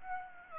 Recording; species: mosquito wingbeat signal from an infrared sensor; Aedes aegypti